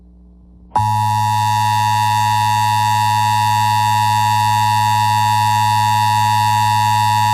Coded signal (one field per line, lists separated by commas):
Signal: Emergency Alert System (SAME) tones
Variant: 853 and 960 Hz attention tone